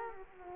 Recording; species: mosquito wingbeat signal from an infrared sensor; Culex quinquefasciatus